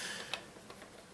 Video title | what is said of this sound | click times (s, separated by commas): DYTAC SLR Airsoft Works AK Krink AEG - Bringing It Home Ep. 31 | It locks into place, it feeds well. | 0.3 s